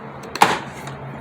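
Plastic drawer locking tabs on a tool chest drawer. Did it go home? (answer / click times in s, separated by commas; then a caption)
released / 0.4 s. Two plastic side tabs that lock the first drawer of a Craftsman 450-piece tool set chest are squeezed and the drawer is pulled open. A small click at 0.4 s is followed by a louder click at 0.4 s, and a short sliding rasp trails off. The tabs release and the drawer comes free; they are stiff to open.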